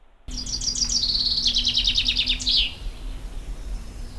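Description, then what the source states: Common chaffinch song: a bright, quick run of repeated high notes that speeds into a trill and ends in a short flourish, over low background hum. Perhaps the most heard sound in the Spanish countryside in the mornings; characteristic bird of the Mediterranean area, also heard in parks.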